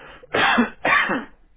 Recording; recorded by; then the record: voluntary cough; telephone call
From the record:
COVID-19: positive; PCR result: checked with the laboratory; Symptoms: yes